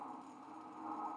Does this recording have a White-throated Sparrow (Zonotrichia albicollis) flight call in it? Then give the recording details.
no. No flight call is heard. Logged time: 01:46 on 5 December 2014